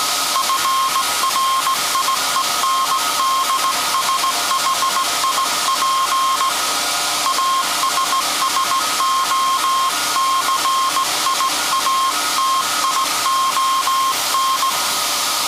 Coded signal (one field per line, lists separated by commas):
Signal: Morse code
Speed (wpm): 18 wpm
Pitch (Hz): 1070 Hz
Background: none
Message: FRIENDSHIP ASSOCIATION